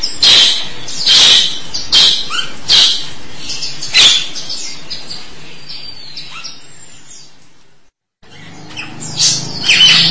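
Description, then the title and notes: Starling song: sharp, scratchy bursts spaced about a second apart, a quiet stretch, then more harsh chatter. "suara burung jalak"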